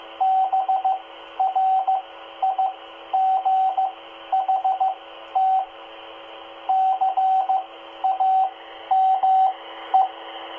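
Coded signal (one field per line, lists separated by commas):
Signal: Morse code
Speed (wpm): 15 wpm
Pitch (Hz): 760 Hz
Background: radio noise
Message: BRIGHT CAME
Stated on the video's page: CW practice during a net on the 2 m repeater at 146.825 MHz FM, received on Baofeng UV-5R and Explorer QRZ-1 handhelds.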